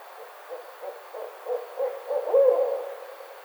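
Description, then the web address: Barred owl giving a string of evenly spaced, low hoots that swell in volume and finish with a longer, wavering hoot. Recorded on 29 May 2009. "Barred Owl 2009 05 29"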